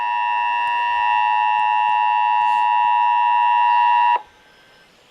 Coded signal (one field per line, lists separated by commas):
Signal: Emergency Alert System (SAME) tones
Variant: 853 and 960 Hz attention tone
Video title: THE MONTH OF FAILS... EAS Alerts from 5/2/18 - 5/23/18 (EAS #1,151 - 1,156)